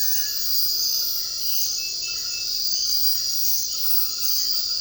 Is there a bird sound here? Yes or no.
no